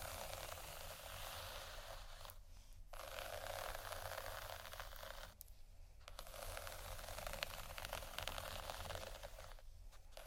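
Soft scratching and tapping on cardboard fill the clip with dense, crackly texture, pausing briefly near two, five and a half, and ten seconds.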